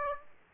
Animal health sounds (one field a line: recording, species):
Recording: mosquito wingbeat signal from an infrared sensor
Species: Aedes aegypti